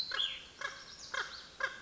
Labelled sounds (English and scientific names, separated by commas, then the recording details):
Cassin's Vireo (Vireo cassinii)
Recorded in Sonoma County, California